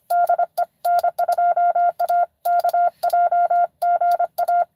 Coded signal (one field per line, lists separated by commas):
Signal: Morse code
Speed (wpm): 25 wpm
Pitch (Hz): 700 Hz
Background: none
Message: DE N2AKJ GA